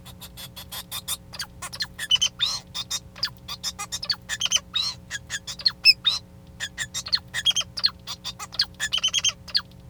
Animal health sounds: song of a male Bengalese finch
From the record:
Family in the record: son of father 2

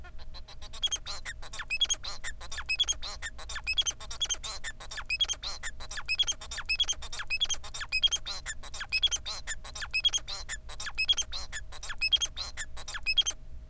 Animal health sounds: song of a male Bengalese finch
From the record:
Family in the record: son of father 4

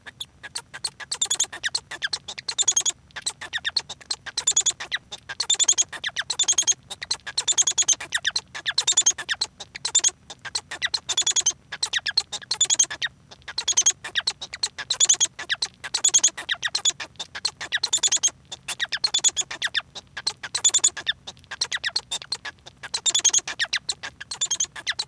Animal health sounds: song of a male Bengalese finch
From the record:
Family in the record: son of father 1

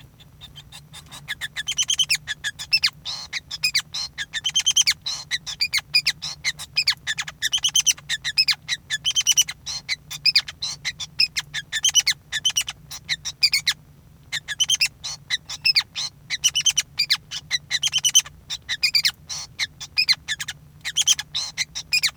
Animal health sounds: song of a male Bengalese finch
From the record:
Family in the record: son of father 5

